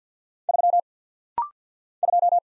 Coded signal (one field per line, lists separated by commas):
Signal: Morse code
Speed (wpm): 48 wpm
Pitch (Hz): 700 Hz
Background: none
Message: 3 2